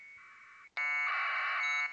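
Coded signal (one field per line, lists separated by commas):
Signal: packet radio (AX.25, as in APRS)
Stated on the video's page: APRS packet radio from a Direwolf software station configured as a digipeater.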